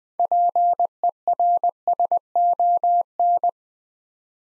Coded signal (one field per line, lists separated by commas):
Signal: Morse code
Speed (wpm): 20 wpm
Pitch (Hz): 700 Hz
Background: none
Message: PERSON